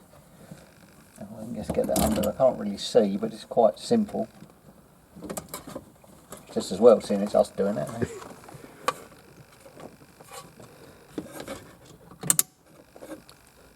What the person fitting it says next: Nice satisfying click.